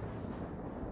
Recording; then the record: background sound without coughing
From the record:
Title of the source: Train Ride Ambience ambient white noise for sleeping, focus, studying, reading